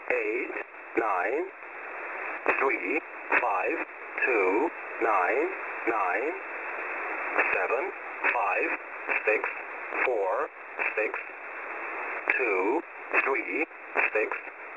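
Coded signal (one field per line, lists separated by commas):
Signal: numbers station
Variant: English Man, English voice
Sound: a voice reading short, evenly spaced words over a noisy shortwave radio channel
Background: radio static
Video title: "English Man" number station at 14472 kHz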